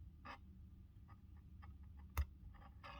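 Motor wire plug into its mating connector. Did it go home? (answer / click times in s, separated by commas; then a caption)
no / none. A motor wire bullet plug is pushed into its mating connector on a Tamiya TT02D RC car. Soft rustling handling sounds come and go, with one brief sharp tap near 2.2 s over a low steady hum. The plug fails to snap together, and nothing has seated or clicked yet.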